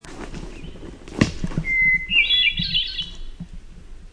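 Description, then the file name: Hermit thrush singing one phrase: a clear sustained whistle followed by a tumbling, ethereal cascade of higher notes, after a brief thump. "HETH song"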